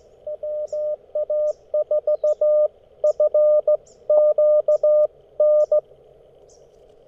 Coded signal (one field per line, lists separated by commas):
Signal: Morse code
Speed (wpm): 19 wpm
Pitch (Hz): 590 Hz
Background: none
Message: WA4FQN